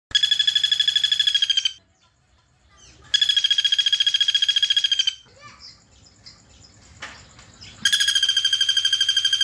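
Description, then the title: Streaked spiderhunter singing fast, buzzy, evenly repeated notes in long bursts, with pauses between bursts. Singing vigorously with a clear, long song, used to tutor cage birds. "Pijantung Gunung Gacor Jernih Panjang"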